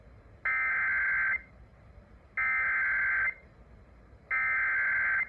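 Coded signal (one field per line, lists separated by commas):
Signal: Emergency Alert System (SAME) tones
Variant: header bursts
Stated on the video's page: Compilation of real EAS alerts for rain storms in California.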